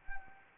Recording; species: mosquito wingbeat signal from an infrared sensor; Anopheles arabiensis